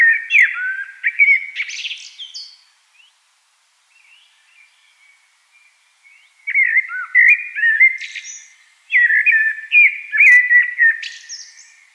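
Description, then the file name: Common blackbird song with three flowing, whistled warbled phrases, each closing in high scratchy twitters, with quiet gaps between them. "Turdus merula"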